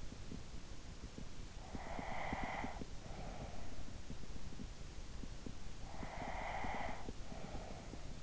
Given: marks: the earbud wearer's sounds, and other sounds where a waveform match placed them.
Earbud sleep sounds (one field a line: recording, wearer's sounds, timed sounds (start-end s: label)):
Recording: sounds in sleep by an in-ear microphone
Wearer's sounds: breath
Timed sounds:
1.40-4.06 s: breath
5.56-8.23 s: breath